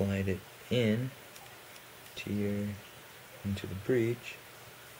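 A loaded rotary magazine is being slid into the breech of a .22 Benjamin Marauder PCP air rifle while someone talks in short bursts over a quiet, low background. No click is heard, and the magazine has not yet seated in the breech.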